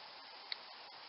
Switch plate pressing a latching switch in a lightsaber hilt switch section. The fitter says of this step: a little latching switch inside there push down on the plate clicks